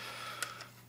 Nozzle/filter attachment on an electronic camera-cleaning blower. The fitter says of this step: and then this points that way and you just click comes off